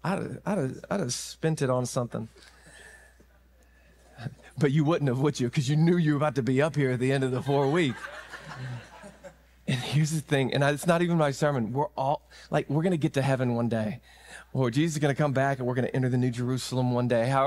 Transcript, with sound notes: I'd have I'd have spent it on something. But you wouldn't have, would you? Cuz you knew you were about to be up here at the end of the four week. [laughter] And here's the thing, and it's not even my sermon. We're all like, "We're going to get to heaven one day, or Jesus is going to come back, and we're going to enter the new Jerusalem one day.